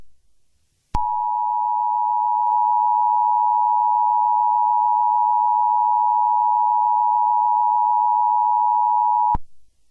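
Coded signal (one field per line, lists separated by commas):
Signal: Emergency Alert System (SAME) tones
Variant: 853 and 960 Hz attention tone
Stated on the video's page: Fictional EAS scenario, not a real alert.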